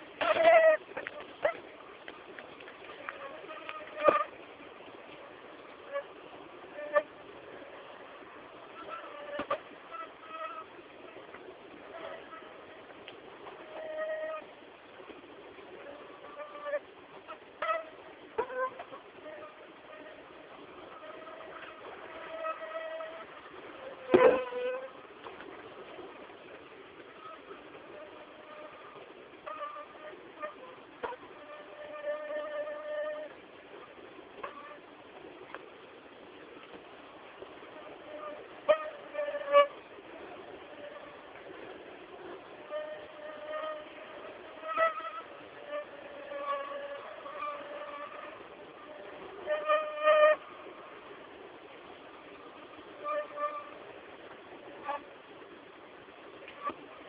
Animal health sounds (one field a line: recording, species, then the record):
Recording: mosquito flight sound by mobile phone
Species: Aedes albopictus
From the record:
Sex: female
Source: CDC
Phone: Samsung T209